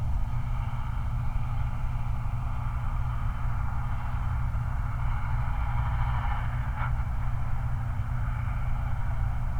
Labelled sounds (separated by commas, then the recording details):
truck
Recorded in the Prudhoe Bay oil fields, Alaska, on 29 July 2019
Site 29